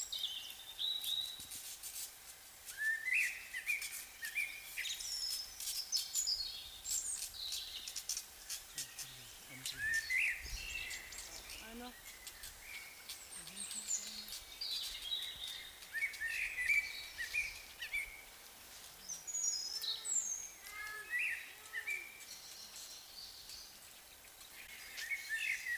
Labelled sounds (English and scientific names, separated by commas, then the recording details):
Eurasian Wren (Troglodytes troglodytes) song
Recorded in the wild
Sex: male
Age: adult
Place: Lübars (Fließtal), Berlin, DE
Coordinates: 52.6167, 13.35
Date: 1999-04-10 17:36
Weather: overcast, 16°C
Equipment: Sony MD-WM MZ-R3, Sennheiser MKH 416 T, Kopie Uher 4000 Report Monitor
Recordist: Tembrock, Günter